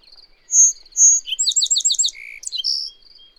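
Bird song opening with two clear whistled notes, then a rapid trill of descending high notes and a lower buzzy note, closing with a short whistle.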